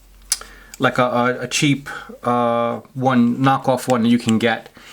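A tough plastic clip on a knife's neck sheath is fastened, giving a sharp, short snap at 0.3 s as it seats shut. Someone then talks through the rest of the clip.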